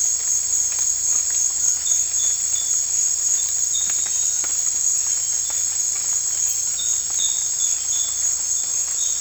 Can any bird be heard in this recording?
no